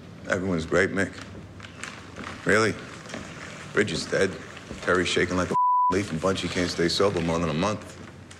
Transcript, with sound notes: Everyone's great, Mick? Really? Ridge is dead. Terry's shaking like a (beep) leaf and Bunchy can't stay sober more than a month.